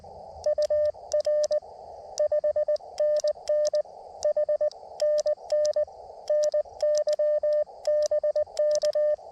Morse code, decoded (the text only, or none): UR 5NN H NN NYBK